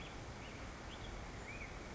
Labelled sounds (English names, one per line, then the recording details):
Black-headed Grosbeak
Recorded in Sonoma County, California